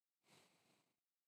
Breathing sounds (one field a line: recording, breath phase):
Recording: one breath near a microphone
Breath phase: exhalation